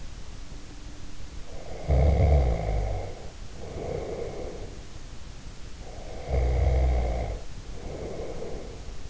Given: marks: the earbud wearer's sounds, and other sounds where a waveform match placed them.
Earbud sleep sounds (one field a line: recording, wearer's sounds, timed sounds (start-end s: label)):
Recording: sounds in sleep by an in-ear microphone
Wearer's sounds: snoring breath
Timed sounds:
1.37-4.92 s: snoring breath
5.79-9.10 s: snoring breath